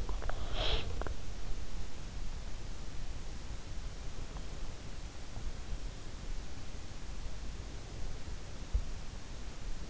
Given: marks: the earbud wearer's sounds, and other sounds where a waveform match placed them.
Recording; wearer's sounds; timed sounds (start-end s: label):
sounds in sleep by an in-ear microphone; breath
0.00-1.34 s: breath